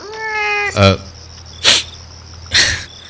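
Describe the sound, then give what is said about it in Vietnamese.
A cat named Hắc Bảo gives one drawn-out, fairly high meow, then three short, breathy bursts follow at roughly even intervals. No one speaks. “Hắc Bảo cũng kêu lên một tiếng như để chào đón cô đã tỉnh lại.”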